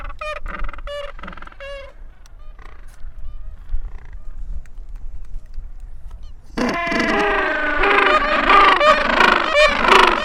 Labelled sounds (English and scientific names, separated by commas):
Gentoo Penguin (Pygoscelis papua) call